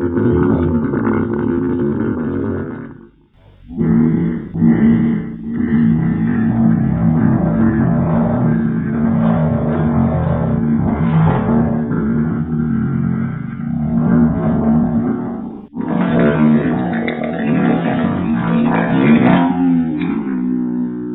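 Long, loud stomach growling (borborygmi) from an adult's hungry stomach, recorded close up: sustained rumbling and gurgling with a brief pause near 3 seconds and another near 15 seconds.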